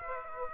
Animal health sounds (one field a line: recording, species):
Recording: mosquito wingbeat signal from an infrared sensor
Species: Aedes aegypti